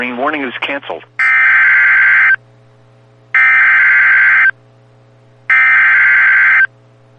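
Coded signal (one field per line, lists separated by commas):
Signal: Emergency Alert System (SAME) tones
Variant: header bursts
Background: speech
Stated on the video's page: Real Severe Thunderstorm Warnings received from NOAA Weather Radio transmitters in Columbus and Akron, Ohio.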